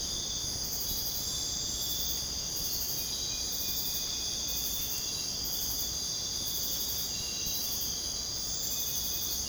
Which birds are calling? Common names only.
none